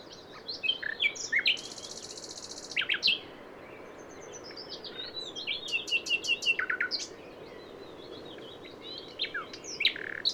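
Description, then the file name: Common nightingale song: varied phrases mixing a buzzy note, sharp chirps, whistles and short fast runs of repeated notes, spread throughout. "Luscinia megarhynchos"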